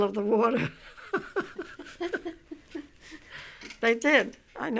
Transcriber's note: they laugh